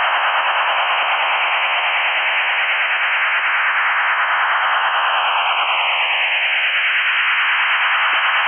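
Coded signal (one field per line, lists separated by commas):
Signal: HF data modem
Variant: STANAG 4285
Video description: Tuning PSK signal, decoding Stanag 4285 (text message)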